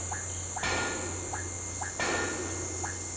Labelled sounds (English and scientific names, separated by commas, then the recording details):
none
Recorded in pastures near Puerto Asís, Putumayo, Colombia, on 8 March 2025 at 10:00
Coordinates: 0.466, -76.322
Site CSA-02